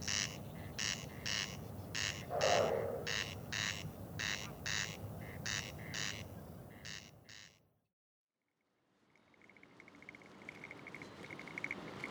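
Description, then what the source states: Corncrake giving a dry, rasping, repeated crex-crex call for about seven seconds, then a silent pause and a faint steady tone. Two calling male corncrakes, one in the foreground and a separate bird further away, heard in the evening during a survey on Tiree, recorded with a shotgun mic.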